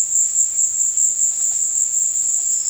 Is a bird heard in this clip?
no